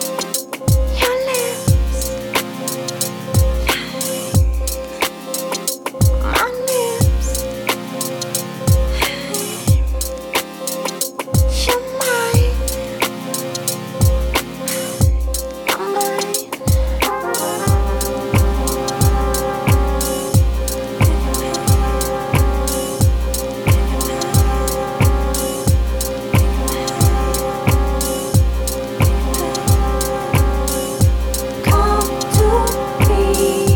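A track plays as a dance track with a steady, thumping kick about twice a second and crisp ticking hats above it. Held synth notes sit in the middle, and around seventeen seconds the beat fills out with denser layered tones through the end.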